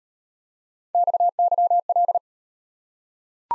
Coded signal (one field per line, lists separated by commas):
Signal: Morse code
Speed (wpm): 38 wpm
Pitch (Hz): 700 Hz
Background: none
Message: XYL